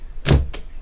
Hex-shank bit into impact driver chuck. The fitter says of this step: อ่ะนะครับล็อคเรียบร้อยแล้วในส่วนนี้ถือว่าให้มาดีนะเพราะว่าบางตัวเนี่ย